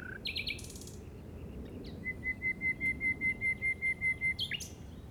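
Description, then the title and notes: Common nightingale song: a buzzy rattled opening, then a series of pure, level whistled notes repeated steadily, closing with a harsh burst. Recorded in the Llobregat Delta at 06:00 on 8 May 2015 with a Zoom recorder. "Grabación de ruiseñor común (Luscinia megarhynchos) en el Delta del Llobregat a las 06:00 del 08/05/2015."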